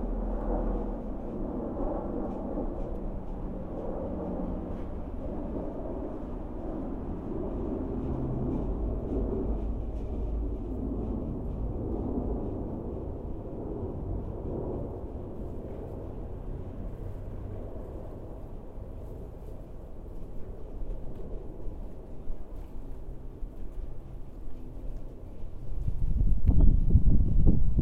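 A steady low rumble of traffic and distant machinery fills the air with light wind, swelling into a louder, rougher low roar near the end.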